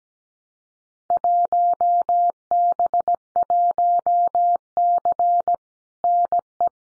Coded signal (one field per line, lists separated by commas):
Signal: Morse code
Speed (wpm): 17 wpm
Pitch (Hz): 700 Hz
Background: none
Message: 1B1C NE